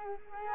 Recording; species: mosquito wingbeat signal from an infrared sensor; Culex quinquefasciatus